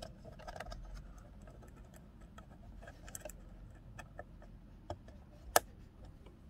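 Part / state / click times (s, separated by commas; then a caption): RAM module into laptop memory slot / seated / 5.6 s. A 4GB RAM stick is pushed down into a laptop memory slot until the retaining clips snap over it. Faint scratching and small ticks, with light taps near 0.6 and 3.2 seconds, lead to one sharp, loud snap at 5.6 seconds. The module is seated.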